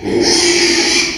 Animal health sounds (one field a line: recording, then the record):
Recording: squeal of a Yucatan mini pig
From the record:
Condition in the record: after surgery on the right vocal fold (resection and tissue-engineered implant)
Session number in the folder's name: 2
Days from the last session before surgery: 13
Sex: male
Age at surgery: 12 weeks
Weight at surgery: 13 kg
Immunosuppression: cyclosporine, prednisolone